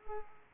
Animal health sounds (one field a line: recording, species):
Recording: mosquito wingbeat signal from an infrared sensor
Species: Culex pipiens